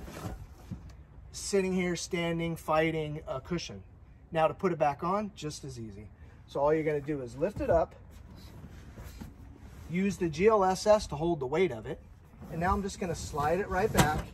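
A bed cushion panel is lifted onto a van garage storage frame, its weight rested on the GLSS storage system rail, and slid back into position while someone talks throughout. Only faint handling sounds are heard beneath the speech. Nothing has seated or clicked yet.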